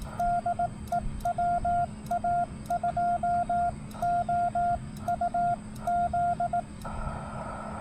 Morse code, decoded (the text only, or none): DE WA2OUZ